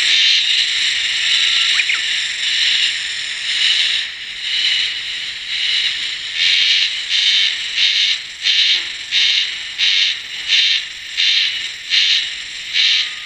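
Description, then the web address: Insect giving a high, hissing buzz that starts continuous and then breaks into regular pulses, roughly one and a half each second. "cats sikioto insect"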